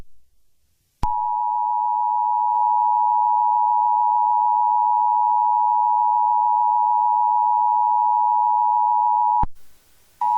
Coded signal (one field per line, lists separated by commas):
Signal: Emergency Alert System (SAME) tones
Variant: 853 and 960 Hz attention tone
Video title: The evolution of my EAS mocks after 1 month.